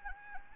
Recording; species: mosquito wingbeat signal from an infrared sensor; Anopheles gambiae